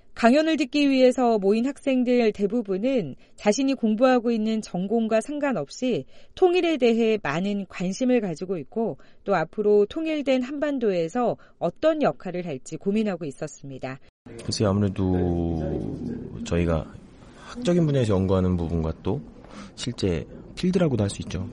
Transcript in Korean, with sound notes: 강연을 듣기 위해 모인 학생들 대부분은 자신이 공부하고 있는 전공과 상관없이 통일에 대해 많은 관심을 가지고 또 앞으로 통일된 한반도에서 어떤 역할을 할지 고민하고 있었습니다. [녹취: 강연 듣는 학생들] "글쎄요 아무래도 저희가 학적인 분야에서 연구하는 부분과 또 실제 필드하고 할 수도 있죠.